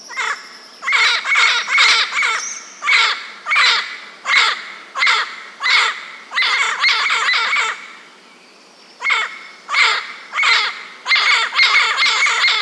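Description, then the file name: Bird uttering dense runs of rasping, buzzy calls in quick bursts, briefly falling silent before harsh repeated notes start again. "SABIOD 50 bird 2015 SP 35"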